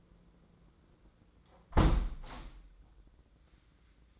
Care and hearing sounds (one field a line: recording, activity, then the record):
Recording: daily activity, microphone in the room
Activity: close window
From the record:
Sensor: 3